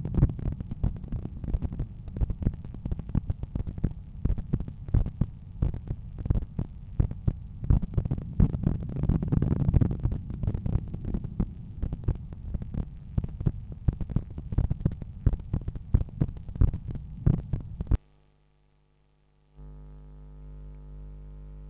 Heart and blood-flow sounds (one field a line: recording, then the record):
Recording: heart sounds by stethoscope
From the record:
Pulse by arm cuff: 85 bpm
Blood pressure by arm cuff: 120/76 mmHg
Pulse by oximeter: 85 bpm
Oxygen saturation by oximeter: 98%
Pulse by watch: 86 bpm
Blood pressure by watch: 114/75 mmHg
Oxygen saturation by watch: 99%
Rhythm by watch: sinus rhythm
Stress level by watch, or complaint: light headache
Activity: after breakfast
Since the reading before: after 2200 steps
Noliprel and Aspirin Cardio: after pills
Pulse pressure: 44 mmHg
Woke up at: 6:50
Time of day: 10:15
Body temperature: 36.5 C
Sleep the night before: 8 h 16 min, score 66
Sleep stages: REM 20%, light 64%, deep 6%, awake 10%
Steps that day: 6850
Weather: light rain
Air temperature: 18.2 C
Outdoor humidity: 90%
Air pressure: 1007 hPa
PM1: 3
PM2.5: 4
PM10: 6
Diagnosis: hypertension, treated with Noliprel and Aspirin Cardio 100 mg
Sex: male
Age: 53 years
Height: 174 cm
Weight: 81 kg